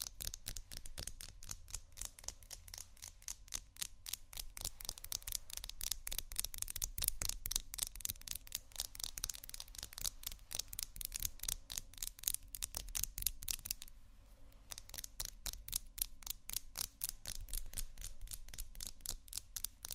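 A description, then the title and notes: Rummaging through a makeup bag: a rapid, crisp stream of clicks and rattles as small items shuffle against each other, dense and fairly even throughout. The clatter briefly thins around fourteen seconds, then resumes at the same busy pace, with a faint low rumble underneath. ASMR Rummaging Through My Makeup Bag （No Talking）.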